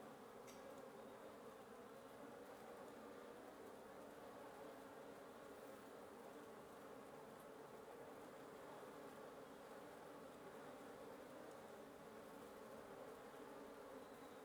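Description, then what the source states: Wasps buzzing in a dense, continuous hum from a nest, steady throughout. Wasp nest under the roof of the recordist's residence at 1a Avenida Norte 19, Antigua Guatemala, Guatemala; recorded in the morning.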